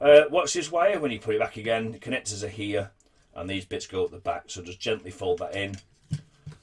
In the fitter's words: and you should hear it click like that